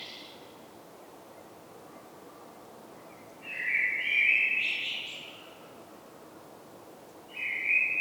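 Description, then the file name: Common blackbird song: one low fluted warbling phrase ending in a thin high twitter, then a second phrase starting near the end, over steady faint background hiss. "Turdus merula"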